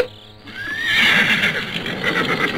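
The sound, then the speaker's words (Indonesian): A horse lets out a loud, high whinny that rises and then trembles as it fades, with no voices present. “naiklah ke atas punggung kuda itu.”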